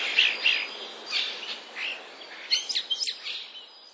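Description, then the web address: Common starling song built from sparrow-like chirps: short scratchy notes in loose bursts, then a quicker run of sharp chips and whistles near the end. Starling song with borrowed sparrow sounds (mimicry of other species). "wroblowe zapozyczenia szpaki"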